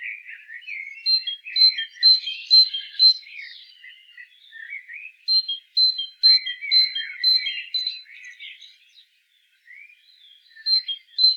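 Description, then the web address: Great tit calling in repeated two-note phrases, a sharp high note then a lower one, about two per second, in bursts with a short quiet break near the end. "pub SETE data Parus major"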